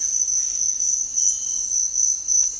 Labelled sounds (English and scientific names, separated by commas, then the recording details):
none
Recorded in secondary vegetation near Puerto Asís, Putumayo, Colombia, on 4 March 2025 at 06:30
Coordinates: 0.499, -76.323
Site G094